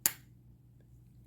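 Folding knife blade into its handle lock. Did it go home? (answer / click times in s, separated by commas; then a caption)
yes / 0.1 s. A folding pocket knife blade is worked into its handle lock, giving a single short, loud snap at 0.1 s that dies away quickly as a little clunk rather than a ringing clang. Only a low, quiet hum follows for the rest of the clip. The lock engages and the blade is seated.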